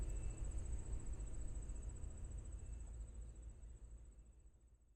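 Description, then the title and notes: Kawarasuzu ground cricket singing a high, fine, rapidly pulsed trill without pause, above a deep rumbling background that slowly fades. Singing on railway track ballast, recorded from a station platform in Tsuruoka, Japan, 1 October 2020; normally lives on riverbeds; recorded with ZOOM F6 and Sennheiser MKH8020 microphone. "JR羽越本線 羽前大山駅にて。カワラスズ"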